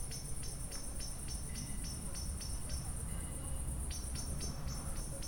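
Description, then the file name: Cricket giving a continuous high-pitched trill, overlaid by quick runs of sharp ticks. Evening recording. "In The Evening The Bird And The Cricket"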